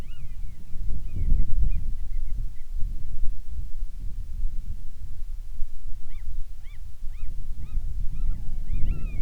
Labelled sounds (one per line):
bird
wind